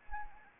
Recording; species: mosquito wingbeat signal from an infrared sensor; Anopheles arabiensis